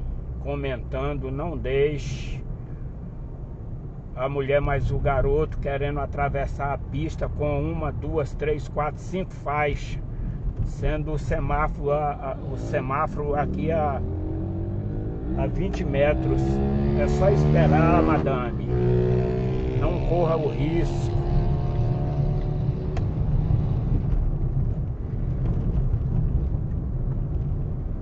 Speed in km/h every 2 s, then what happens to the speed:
46, 44, 42, 43, 41, 42, 45, 48, 49, 51, 52, 50, 48, 44.
0-9 steady at about 43. 9-20 speeds up to 52. 20-28 slows to 44.